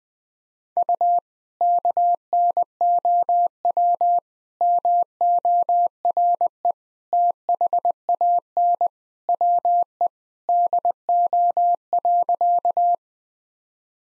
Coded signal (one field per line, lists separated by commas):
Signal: Morse code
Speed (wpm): 20 wpm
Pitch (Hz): 700 Hz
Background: none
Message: U KNOW MORE THAN WE DO.